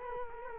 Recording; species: mosquito wingbeat signal from an infrared sensor; Culex quinquefasciatus